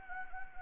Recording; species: mosquito wingbeat signal from an infrared sensor; Anopheles gambiae